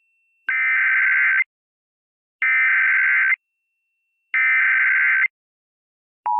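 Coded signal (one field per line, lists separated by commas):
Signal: Emergency Alert System (SAME) tones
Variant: header bursts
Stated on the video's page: Fictional EAS scenario.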